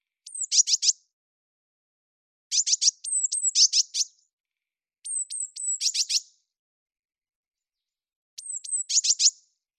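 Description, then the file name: Eurasian blue tit calls: thin high notes sliding down, then fast buzzy scolding chatter, in four separate bursts across ten seconds; otherwise silent. "Cyanistes caeruleus"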